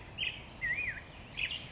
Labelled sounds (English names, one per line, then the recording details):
Black-headed Grosbeak
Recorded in Sonoma County, California